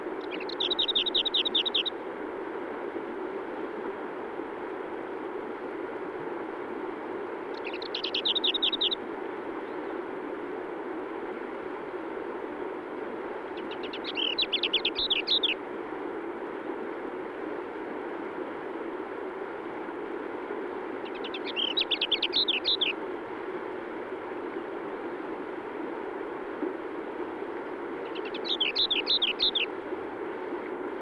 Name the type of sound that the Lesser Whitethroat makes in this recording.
song